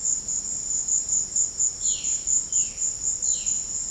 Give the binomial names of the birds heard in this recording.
Cyanocorax violaceus